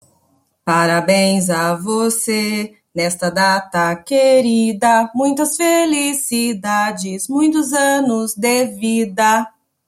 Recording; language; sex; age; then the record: short text; Brazilian Portuguese; female; 30 to 39 years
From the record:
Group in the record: control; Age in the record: 39 years